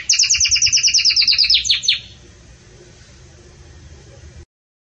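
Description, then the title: Belgian canary song: a fast, bell-like trill of evenly repeated high notes for about two seconds, then a pause with only low background hum. Pure campainha (bell) song style with pauses, meant for training canaries. "Canto Canário Belga Campainha Puro Com Pausa Para Treinamento"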